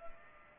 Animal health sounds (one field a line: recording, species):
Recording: mosquito wingbeat signal from an infrared sensor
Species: Culex pipiens